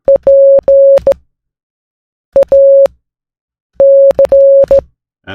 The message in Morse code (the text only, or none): PAC